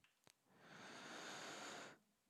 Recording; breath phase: one breath near a microphone; inhalation